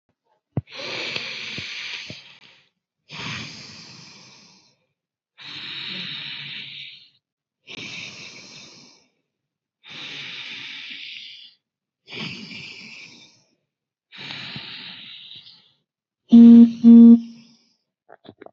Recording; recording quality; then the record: deep breathing; excellent, no background noise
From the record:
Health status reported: exposed to COVID-19, no respiratory illness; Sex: male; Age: 30 years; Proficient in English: yes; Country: United States